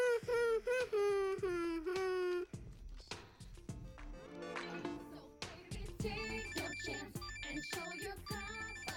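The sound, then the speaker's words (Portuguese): A bright, warbling electronic phone ringtone plays a short melody for a couple of seconds, then abruptly gives way to a busier, clattering stretch of mixed sounds and snippets. “Olha, preciso de uma campainha que combine com a minha personalidade.”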